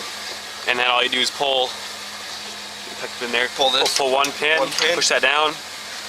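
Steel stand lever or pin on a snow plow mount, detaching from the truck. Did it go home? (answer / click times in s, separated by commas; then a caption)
no / none. While a snow plow is being unhooked from the truck, its pin is pulled and the steel lever on the plow's stand is pushed down, as someone talks over a steady low hum. The lever has not clicked or locked into place yet.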